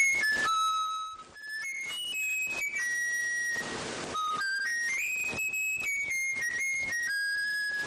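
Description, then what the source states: Eurasian Bullfinch learned song: clear, pure whistled notes strung into a slow melody of held tones stepping up and down, with a short hiss midway. Trained bird reproducing a whistled tune taught by people.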